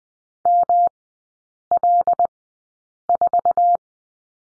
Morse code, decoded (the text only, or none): ML4